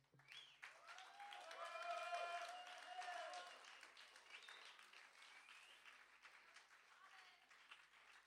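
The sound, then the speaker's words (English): A concert crowd at Grillen in Colmar in October 2005 claps steadily in a dense patter for the bands that played earlier that evening, building to a peak after a couple of seconds and then tapering slightly, with scattered whoops and cheering voices rising above it. “If you'd all be so kind to clap a little more for the wonderful bands you saw earlier this evening”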